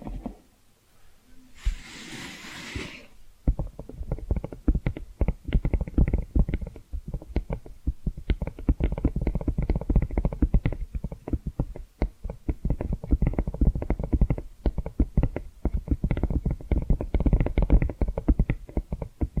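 Tapping and scratching start after a brief hissy burst near two seconds, then run densely and irregularly, low and thumpy, with quick sharp clicks.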